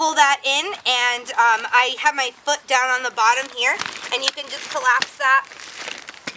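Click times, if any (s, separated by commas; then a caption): none. Someone talks while collapsing the frame of an IBIYAYA lightweight pet (dog) stroller, pulling in its lever with a foot pressed down on the bottom. Handling noise follows, with a few short rattles near the end of the clip. The gray plastic lock tab of the folding lock has not yet snapped into place, and nothing has seated or clicked yet.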